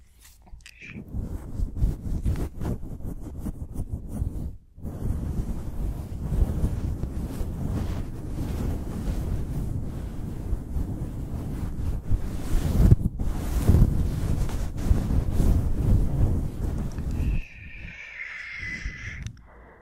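A fluffy microphone cover is scratched and rubbed, giving a dense, low, rumbling rustle that runs almost continuously from about one to seventeen seconds, with brief breaks near five and thirteen seconds. After the rubbing stops, a faint, thin high tone lingers quietly at the end.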